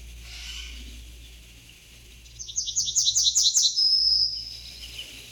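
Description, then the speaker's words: Yellowhammer singing a fast series of repeated high notes that ends in a long drawn-out whistle, followed by a lower short note, with faint background hum. Played as a recording; a field bird of field edges and hedges; song with a clear, easily remembered melody. "Lass die Goldammer. Lass sie mal singen."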